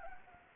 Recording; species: mosquito wingbeat signal from an infrared sensor; Anopheles gambiae